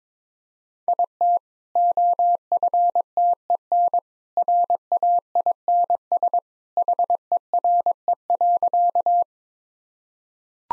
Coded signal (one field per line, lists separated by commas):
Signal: Morse code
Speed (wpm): 22 wpm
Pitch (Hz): 700 Hz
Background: none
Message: IT OFTEN RAINS HERE.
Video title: Easy Sentences with Hints - 22wpm